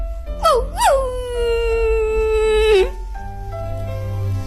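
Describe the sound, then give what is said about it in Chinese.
A stray dog in a park, frightened by a girl's loud yell, lets out two quick rising whimpers, then a long, steady, high howl that trails off sharply, followed by a low rumbling hum. “她的声音那么大，就连公园里的野狗都被她吓得一直发抖。”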